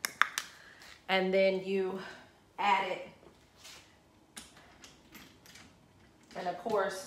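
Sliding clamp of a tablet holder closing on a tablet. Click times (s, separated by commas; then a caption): 0.1 s, 0.2 s. The release button on the back of a tablet holder is pressed and its sliding clamp is closed around a tablet to hold it securely. Two sharp clicks at 0.1 s and 0.2 s show the clamp clicking shut and seated. Someone talks afterward, with a few faint taps.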